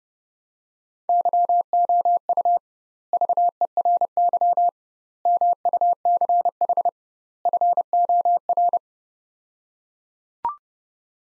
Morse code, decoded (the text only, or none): YOU VERY MUCH FOR